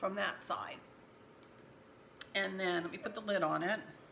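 Someone talks while fitting the plastic lid onto an essential oil diffuser base after showing its max fill line. A short, sharp hit sounds at about 2.2 s in the pause between the talking. The clip ends before the lid goes home, so nothing has seated yet.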